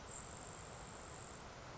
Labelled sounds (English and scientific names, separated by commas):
Grasshopper Sparrow (Ammodramus savannarum)